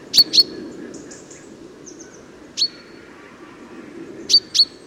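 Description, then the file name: Common chaffinch giving sharp, high metallic call notes, mostly in pairs, spaced irregularly over a few seconds against quiet low background noise. "Fringilla coelebs"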